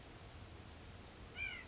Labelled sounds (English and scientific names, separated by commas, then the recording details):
White-breasted Nuthatch (Sitta carolinensis)
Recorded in Sonoma County, California